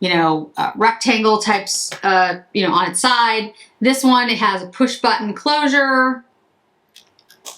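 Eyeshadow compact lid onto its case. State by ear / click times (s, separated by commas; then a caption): seated / 7.5 s. Someone talks for about six seconds while describing an elongated Clé de Peau eyeshadow compact with a push-button closure. After a short pause, a few faint clicks come at about 7.0, 7.2 and 7.3 seconds as the lid is pressed shut. The lid then snaps into place on its case with a sharper click at 7.5 seconds.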